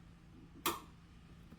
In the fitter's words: you're going to hear the clicking sound and then we do the same thing for the other side make sure nothing is twisted or Tangled